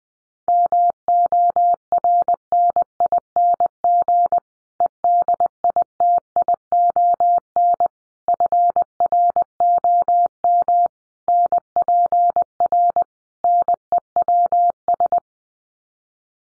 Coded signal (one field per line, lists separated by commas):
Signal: Morse code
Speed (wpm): 20 wpm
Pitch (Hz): 700 Hz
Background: none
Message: MORNING EDITION FROM NPR NEWS